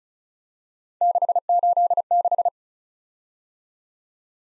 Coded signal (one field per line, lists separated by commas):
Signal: Morse code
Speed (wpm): 36 wpm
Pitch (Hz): 700 Hz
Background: none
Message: 686